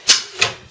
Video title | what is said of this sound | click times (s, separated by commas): Thermaltake New Soprano Case Component Installation Tutorial | It snaps itself automatically. | 0.4 s